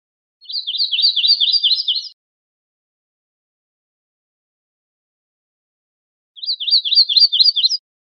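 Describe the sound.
Yellow-rumped warbler giving a high trill of rapid repeated notes lasting under two seconds, then after a pause of about four seconds a second, slightly shorter trill.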